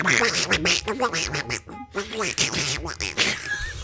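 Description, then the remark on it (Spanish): A voice imitates Donald Duck, spilling out rapid, garbled, squawky babble in a nasal, buzzy tone that runs almost without pause for about four seconds. “Si le hablan con voz del Pato Donald, o sea, no se la crean, no es.”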